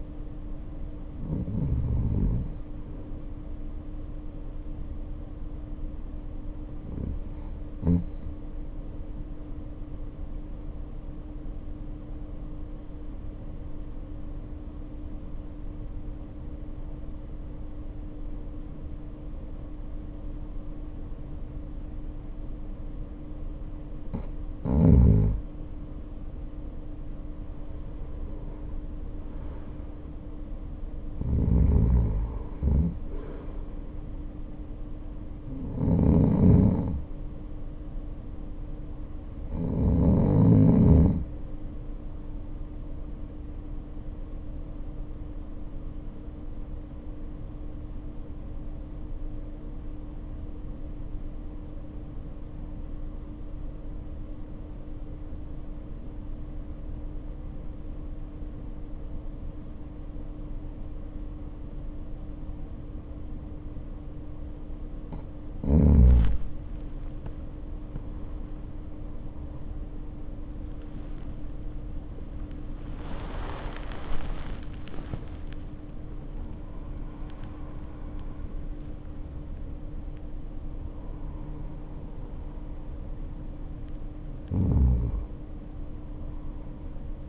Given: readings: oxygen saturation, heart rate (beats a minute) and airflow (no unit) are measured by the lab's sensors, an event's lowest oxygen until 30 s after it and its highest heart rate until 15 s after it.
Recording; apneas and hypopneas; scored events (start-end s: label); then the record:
breathing in sleep by a smartphone at the bedside; 2
9.00-27.90 s: obstructive apnea (REM, oxygen 96% highest, then 86% lowest, heart rate 54 at the start, 60 highest)
47.00-65.90 s: obstructive apnea (REM, oxygen 95% highest, then 83% lowest, heart rate 54 at the start, 77 highest)
83.00-87.29 s: new sleep stage, N1 (lightest sleep)
From the record:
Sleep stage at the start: REM sleep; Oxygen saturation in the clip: 85 to 96%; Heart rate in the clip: 51 to 77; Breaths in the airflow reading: 20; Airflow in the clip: -0.6 to 0.7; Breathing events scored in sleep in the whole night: 520 in 7.2 hours asleep